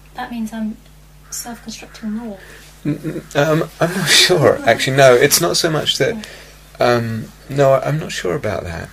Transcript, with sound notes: that means I'm self-constructing more?
[laughs] I'm not sure, actually, no. It's not so much that -- no, I'm not sure about that.